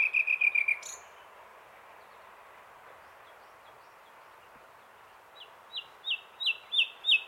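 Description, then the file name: Common nightingale song: a quick run of bright repeated notes, a long pause, then a series of sharp chirps, about three a second, growing louder. "Luscinia megarhynchos"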